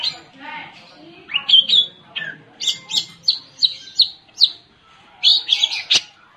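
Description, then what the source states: Long-tailed shrike singing a varied medley of sharp whistled and chattering notes, rising and falling phrases in short bursts with brief pauses between them. Combination song style, known locally as cendet kombinasi.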